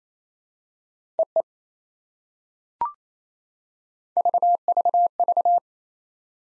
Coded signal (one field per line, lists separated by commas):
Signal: Morse code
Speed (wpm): 28 wpm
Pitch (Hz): 700 Hz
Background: none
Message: EE VVV